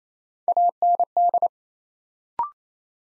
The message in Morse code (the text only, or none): AND